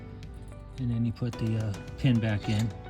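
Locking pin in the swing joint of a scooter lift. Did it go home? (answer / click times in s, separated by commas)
no / none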